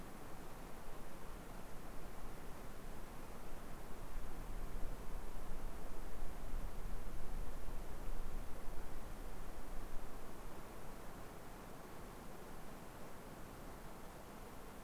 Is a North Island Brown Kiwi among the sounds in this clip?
no